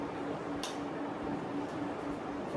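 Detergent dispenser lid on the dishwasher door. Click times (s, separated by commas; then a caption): 0.6 s. On a Bosch 14 place dishwasher, the button is pressed to release the locked plastic detergent dispenser lid on the dishwasher door. A single sharp click at 0.6 s marks the lid popping open over a steady background hum. The lid is released.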